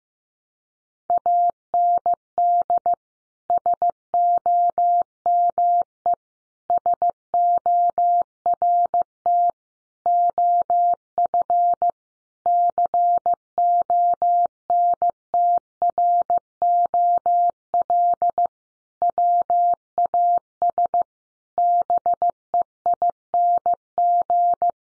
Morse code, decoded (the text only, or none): AND SOME SORT OF CONTROL WAS BEING